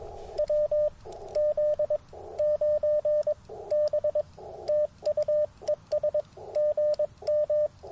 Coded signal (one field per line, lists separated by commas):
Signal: Morse code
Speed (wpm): 22 wpm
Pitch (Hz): 600 Hz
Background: radio noise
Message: WZ9B TU ES GM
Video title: Morning Morse Code at Tuskegee National Forest K-4451 - 11/17/23